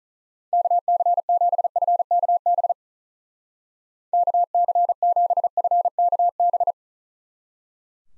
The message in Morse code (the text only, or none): KC7FKB KC7FKB